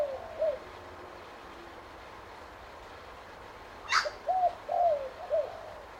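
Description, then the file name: Spotted dove calling: a lone coo, then after a pause a brief sharp sound followed by a phrase of three soft coos with a drawn-out falling middle note. "BIRD SPOTTED TURTLE DOVE CALL"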